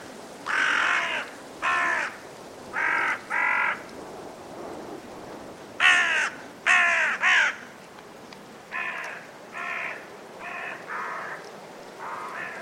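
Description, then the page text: Carrion crow calling with many harsh, hoarse caws in short runs, over wind noise. Five in trees before roosting; blustery force 6 wind; winter; Woodchester Park, Gloucestershire. "A group of five Carrion Crows in the trees, before roosting, during a blustery force 6 wind. Recorded in winter at Woodchester Park, Gloucestershire by Richard Margoschis. British Library"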